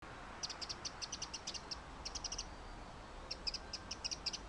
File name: Zaunkönig, zeternd 17 3 2013 , Autolärm